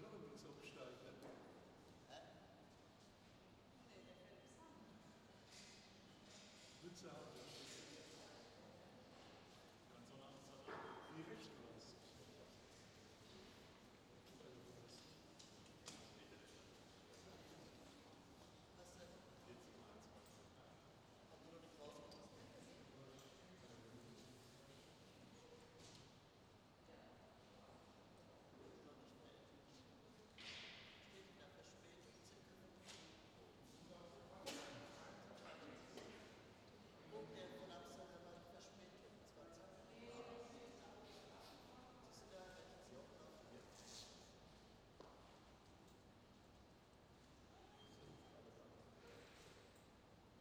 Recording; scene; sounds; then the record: everyday scene through a hearing-aid microphone; reverberant space; background noise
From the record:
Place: railway station hall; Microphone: in the ear canal, left